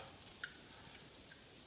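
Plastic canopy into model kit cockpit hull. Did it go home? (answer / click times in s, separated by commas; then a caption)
no / none. A clear plastic cockpit canopy is pressed into its seat on the hull of a Revell 1/51 scale plastic TIE Fighter model kit. A single brief, sharp tick sounds at about 0.4 s, followed by a couple of much fainter ticks over a low, steady background hiss. The canopy has not clipped in, and the snap-fit has not engaged.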